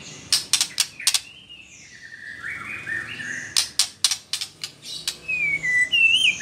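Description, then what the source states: White-rumped shama song, sharp clicking notes alternating with smooth whistled phrases, some rising, at a quick uneven pace. Female bird.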